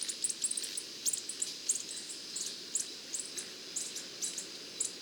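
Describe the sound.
Coppery-headed emerald calling with rapid, high-pitched ticking chips in quick clusters, set against a constant soft hiss.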